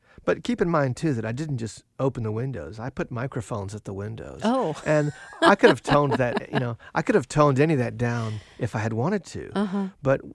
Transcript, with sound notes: But keep in mind, too, that I didn't just open the windows. I put microphones at the windows.
Oh.
(SOUNDBITE OF LAUGHTER)
And I could have toned that, you know, I could have toned any of that down if I had wanted to.